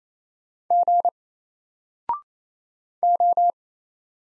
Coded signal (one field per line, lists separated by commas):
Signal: Morse code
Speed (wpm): 27 wpm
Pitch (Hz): 700 Hz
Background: none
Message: G O